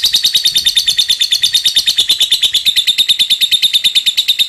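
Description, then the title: Bird song of rapid, high, even notes repeated in a steady chattering stream, with no other sounds. Bird song from a masteran training recording. "Masteran Burung"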